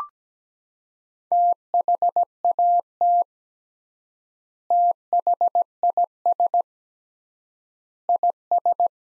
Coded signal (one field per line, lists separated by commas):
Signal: Morse code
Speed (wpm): 17 wpm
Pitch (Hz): 700 Hz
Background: none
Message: THAT THIS IS